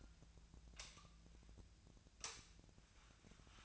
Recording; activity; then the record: daily activity, microphone in the room; light on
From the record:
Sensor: 2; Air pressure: 1009.7 hPa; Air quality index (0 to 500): 181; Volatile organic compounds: 10 ppm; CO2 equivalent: 2260 ppm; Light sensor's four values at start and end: 28/68/29/32 and 33/86/36/39